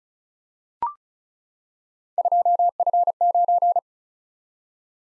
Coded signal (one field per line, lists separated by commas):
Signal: Morse code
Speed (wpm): 36 wpm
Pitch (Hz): 700 Hz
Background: none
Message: 2F9